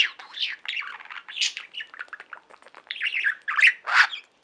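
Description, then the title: Budgerigar warbling: a continuous jumble of rapid squeaks, buzzy notes and chirps, rising to louder sharp calls near the end. "Budgie Sounds"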